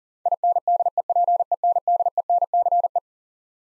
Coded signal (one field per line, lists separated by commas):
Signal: Morse code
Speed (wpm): 40 wpm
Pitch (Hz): 700 Hz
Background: none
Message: INDEPENDENCE